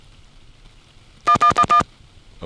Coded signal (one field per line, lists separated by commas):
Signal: DTMF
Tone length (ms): 100 ms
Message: 1111